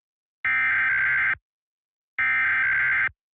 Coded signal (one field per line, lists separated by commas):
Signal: Emergency Alert System (SAME) tones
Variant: header bursts